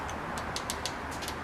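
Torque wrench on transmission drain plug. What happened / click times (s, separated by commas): Torque wrench clicks at its setting / 0.6 s, 0.7 s, 0.9 s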